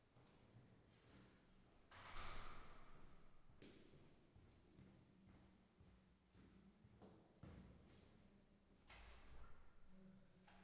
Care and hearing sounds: everyday scene through a hearing-aid microphone; reverberant space; speech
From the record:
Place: staircase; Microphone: behind the ear, right, front

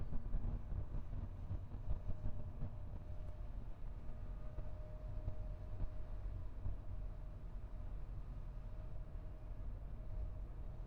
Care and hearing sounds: everyday scene through a hearing-aid microphone; in a vehicle; engine, highway driving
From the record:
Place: Skoda Fabia, gasoline engine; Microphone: behind the ear, left, rear

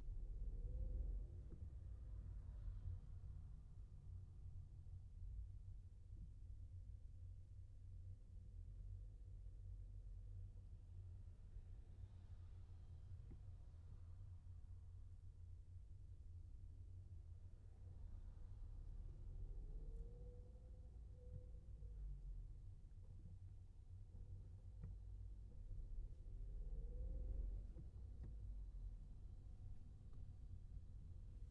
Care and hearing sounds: everyday scene through a hearing-aid microphone; in a vehicle; engine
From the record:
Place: Skoda Fabia, gasoline engine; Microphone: behind the ear, left, rear

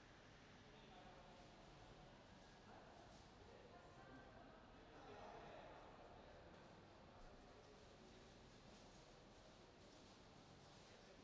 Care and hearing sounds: everyday scene through a hearing-aid microphone; reverberant space; background noise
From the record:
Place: railway station hall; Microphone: in the ear canal, left

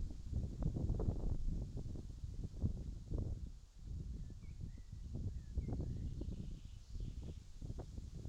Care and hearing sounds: everyday scene through a hearing-aid microphone; wind on the microphone; wind, birds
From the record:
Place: in front of a rural house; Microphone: in the ear canal, left

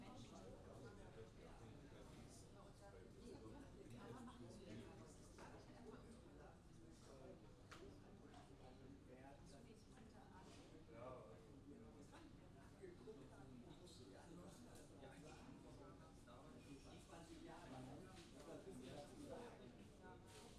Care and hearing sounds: everyday scene through a hearing-aid microphone; many people talking; many voices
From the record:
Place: university cafeteria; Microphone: in the ear canal, left

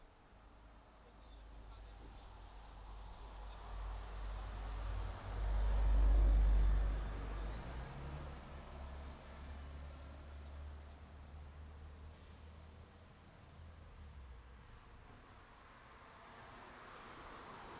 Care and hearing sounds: everyday scene through a hearing-aid microphone; in traffic; traffic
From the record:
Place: city secondary road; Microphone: in the ear canal, right

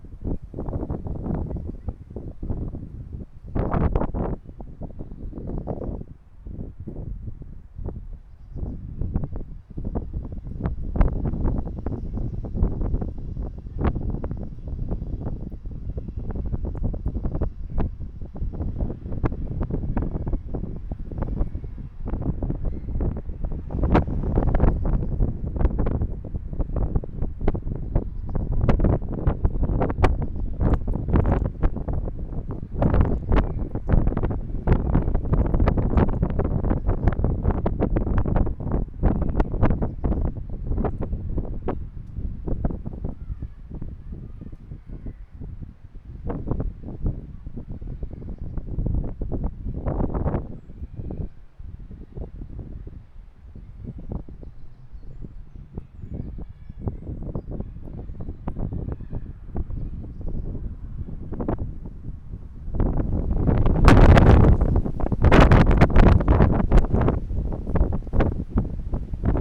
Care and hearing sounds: everyday scene through a hearing-aid microphone; wind on the microphone; squally wind, voices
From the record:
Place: parking lot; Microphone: behind the ear, right, rear

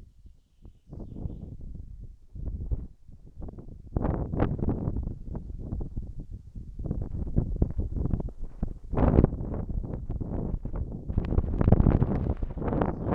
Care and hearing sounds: everyday scene through a hearing-aid microphone; wind on the microphone; wind, birds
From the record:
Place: in front of a rural house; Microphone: behind the ear, right, front

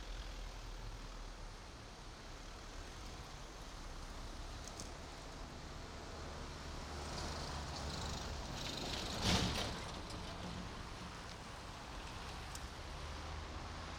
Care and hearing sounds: everyday scene through a hearing-aid microphone; in traffic; traffic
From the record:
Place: main road on the outskirts, rush hour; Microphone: in the ear canal, right

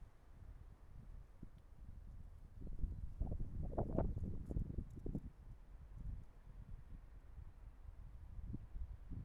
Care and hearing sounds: everyday scene through a hearing-aid microphone; wind on the microphone; wind, traffic, birds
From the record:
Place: suburban garden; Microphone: behind the ear, right, rear

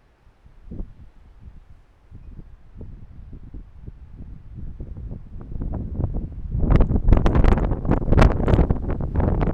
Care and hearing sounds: everyday scene through a hearing-aid microphone; wind on the microphone; squally wind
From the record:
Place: parking lot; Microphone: behind the ear, right, rear

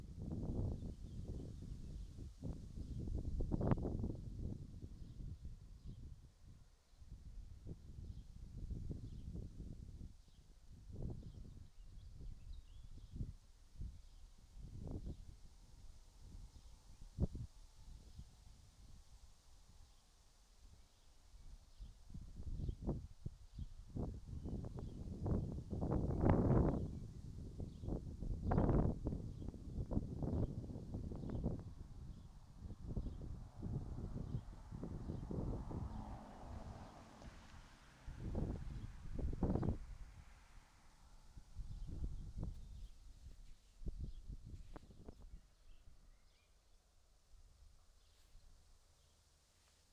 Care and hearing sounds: everyday scene through a hearing-aid microphone; wind on the microphone; wind, vehicle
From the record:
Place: in front of a rural house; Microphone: in the ear canal, right

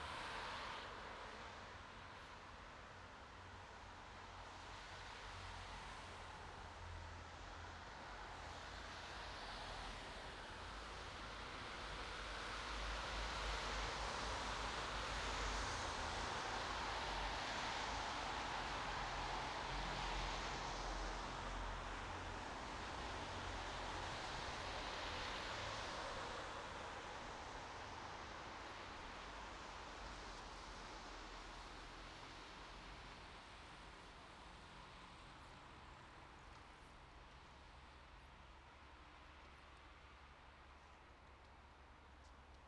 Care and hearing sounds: everyday scene through a hearing-aid microphone; in traffic; traffic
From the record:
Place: bus stop on a city main road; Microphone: in the ear canal, right

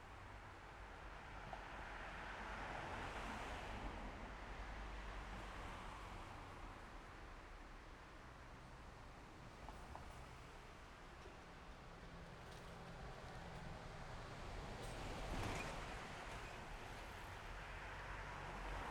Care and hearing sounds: everyday scene through a hearing-aid microphone; in traffic; traffic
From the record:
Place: main road on the outskirts, rush hour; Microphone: behind the ear, left, rear

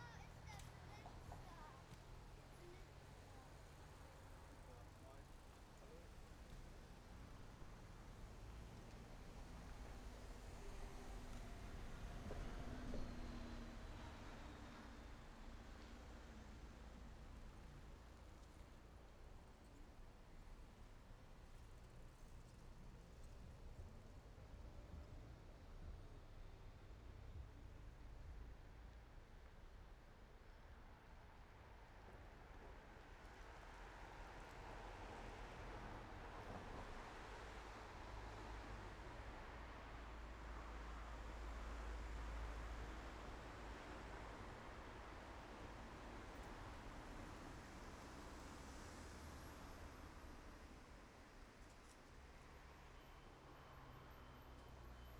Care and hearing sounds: everyday scene through a hearing-aid microphone; in traffic; traffic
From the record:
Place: main road on the outskirts, rush hour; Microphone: behind the ear, right, front

